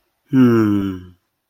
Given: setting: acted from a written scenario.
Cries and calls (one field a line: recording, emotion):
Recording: vocal sound without words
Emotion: sadness